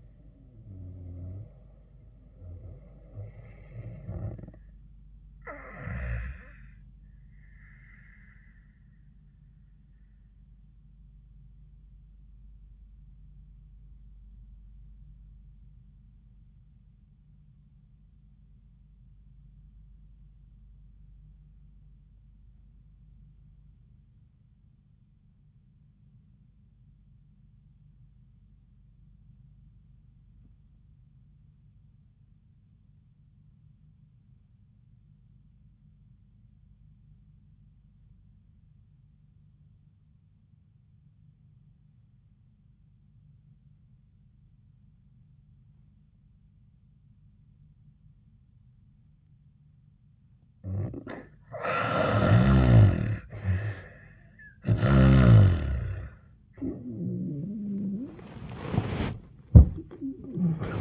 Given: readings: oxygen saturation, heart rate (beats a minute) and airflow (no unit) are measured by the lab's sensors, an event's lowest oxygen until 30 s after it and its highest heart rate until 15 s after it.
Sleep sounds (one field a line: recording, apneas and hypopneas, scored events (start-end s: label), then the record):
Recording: breathing in sleep by a smartphone at the bedside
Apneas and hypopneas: 1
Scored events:
15.00-53.30 s: obstructive apnea (N1, oxygen 98% highest, then 60% lowest, heart rate 88 at the start, 90 highest)
18.00-48.00 s: new sleep stage, REM sleep
48.00-60.81 s: new sleep stage, N1 (lightest sleep)
From the record:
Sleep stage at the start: N1 (lightest sleep)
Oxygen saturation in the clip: 57 to 98%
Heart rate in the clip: 67 to 96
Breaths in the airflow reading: 4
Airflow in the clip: -20.6 to 9.0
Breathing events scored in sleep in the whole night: 400 in 8.7 hours asleep